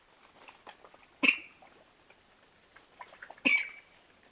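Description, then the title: Spotted rail producing two abrupt, harsh squealing notes about two seconds apart over faint soft chatter. Nominate subspecies maculatus. "LuckyPassaro Completos2Sama. Spotted Rail (Pardirallus maculatus maculatus)"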